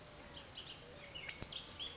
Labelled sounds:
Bullock's Oriole
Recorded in Sonoma County, California

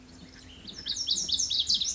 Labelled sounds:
Pacific Wren
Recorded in Sonoma County, California

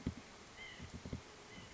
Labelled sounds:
White-breasted Nuthatch
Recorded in Sonoma County, California

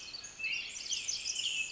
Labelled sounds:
Pacific Wren
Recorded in Sonoma County, California

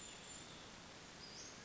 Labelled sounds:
Western Flycatcher
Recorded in Sonoma County, California

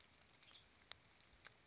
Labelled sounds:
Western Tanager
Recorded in Sonoma County, California

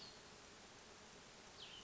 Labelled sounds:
Cassin's Vireo
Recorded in Sonoma County, California

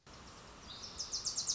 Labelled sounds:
Wilson's Warbler
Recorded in Sonoma County, California

